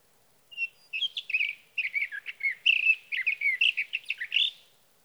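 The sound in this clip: Sage thrasher song, a jumbled stream of quick warbled and whistled notes, some slurred downward, delivered in a continuous rambling run against silence.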